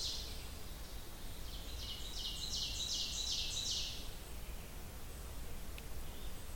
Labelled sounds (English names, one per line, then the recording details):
Ovenbird song
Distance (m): 50 m
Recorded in boreal forest in Alberta, Canada, on 30 June 2016 at 08:33
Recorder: SongMeter 3, array SBT-6-79
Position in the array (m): 166 m, 40 m
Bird 43